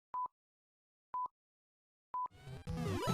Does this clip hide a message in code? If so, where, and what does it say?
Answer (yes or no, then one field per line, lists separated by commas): no